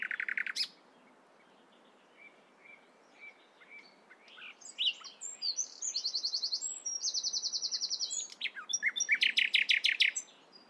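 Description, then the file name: Common nightingale song, a loud opening burst, soft scattered whistles, then fast buzzy trills and a final rapid rattling series. "Luscinia megarhynchos"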